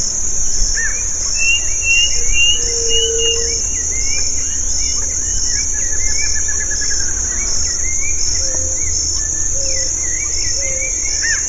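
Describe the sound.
Scattered bird calls: chirps, a long low whistle, a fast trill and a few short low notes near the end, over a steady insect buzz.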